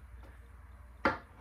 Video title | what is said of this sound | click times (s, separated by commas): Ram Promaster 3500 Conversion | goes directly in the center towards the bottom and you'll hear a click | 1.1 s